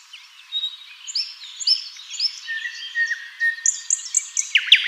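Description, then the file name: Common nightingale singing a varied, warbling sequence of short whistles and slurred notes, with a sharp burst near the end. "Luscinia megarhynchos"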